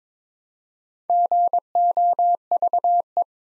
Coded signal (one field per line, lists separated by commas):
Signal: Morse code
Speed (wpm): 23 wpm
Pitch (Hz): 700 Hz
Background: none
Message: GOVE